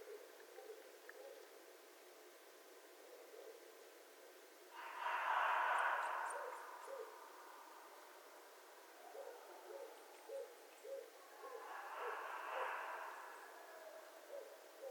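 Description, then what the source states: Red fox calls: two harsh, breathy bursts, with a series of short low pulses before and between them. Recorded 11 January 2012.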